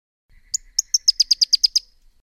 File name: suara panggilan burung pyrrhuloxia. omkicau